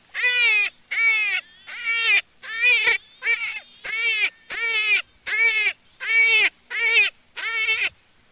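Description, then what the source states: Jackrabbit giving about twelve rapid, harmonic squeals in quick succession, each wavering slightly in pitch, separated by very short gaps. Juvenile.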